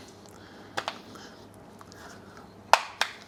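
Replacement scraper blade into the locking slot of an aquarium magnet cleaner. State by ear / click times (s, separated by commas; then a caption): not seated / none. A new plastic replacement scraper blade is handled at the locking slot on the wet side of an aquarium magnet glass cleaner, ready to be slid on until its locking tab engages. Light handling noise is broken by brief sharp taps near 0.8 and 0.9 seconds and louder ones at about 2.7 and 3.0 seconds. The blade has not seated or clicked onto the cleaner yet.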